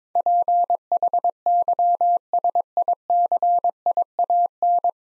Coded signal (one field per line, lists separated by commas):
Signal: Morse code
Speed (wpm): 22 wpm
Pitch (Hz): 700 Hz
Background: none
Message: PHYSICIAN